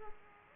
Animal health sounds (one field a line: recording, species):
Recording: mosquito wingbeat signal from an infrared sensor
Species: Aedes aegypti